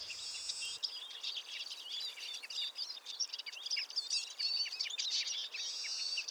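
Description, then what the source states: Eurasian siskin flock chatter, a soft continuous babble of high twittering notes and thin trills. Barely audible babble of a flock of siskins; morning, February 2020, Montagne du Puy, 1500 m altitude, Drôme, France; mixed conifer and oak forest; Nagra Seven recorder, Telinga Pro7 stereo.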